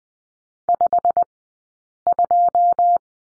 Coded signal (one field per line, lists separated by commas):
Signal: Morse code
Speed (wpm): 20 wpm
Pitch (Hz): 700 Hz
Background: none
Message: 52